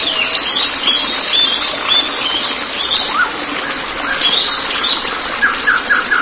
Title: Kicau Murai Batu